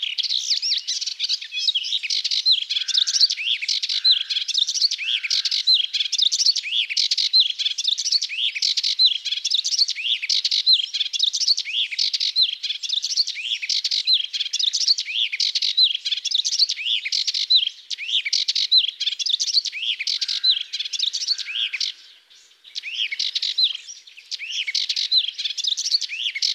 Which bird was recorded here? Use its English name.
Melodious Warbler